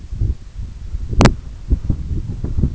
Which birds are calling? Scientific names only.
none